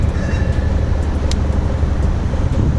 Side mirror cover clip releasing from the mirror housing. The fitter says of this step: if you're any pop noises just know the clips are not getting damaged no clips are getting damaged